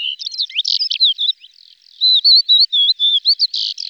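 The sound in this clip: Lesser short-toed lark song: hurried high twittering and slurred whistles with a brief pause midway, then more looping whistled notes.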